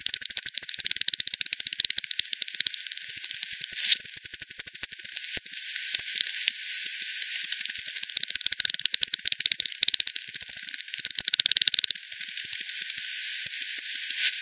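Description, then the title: Bat echolocation calls, long crackling sequences of rapid clicks with several dense buzz-like bursts spread through the recording. Multiple bats at Hogsmill River, Hogsmill Lane, 7 October 2020, 18:10 UTC; recorded via frequency division by ten, bandpass filtered, resampled. "bat 20201007 T 18 : 10 Z-Hogsmill-Lane-Hogsmill-River-multiple-bats"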